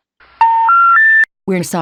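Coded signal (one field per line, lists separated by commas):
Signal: telephone call progress tone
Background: speech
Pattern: special information tone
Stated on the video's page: EAS SAME tones in a fictional Halloween scenario film, a simulated alert rather than a real broadcast.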